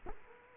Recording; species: mosquito wingbeat signal from an infrared sensor; Culex quinquefasciatus